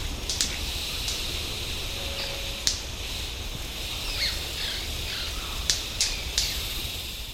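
White-bearded manakin with scattered sharp snaps, a short quick burst of three near the end, and soft chirps against a constant high insect drone.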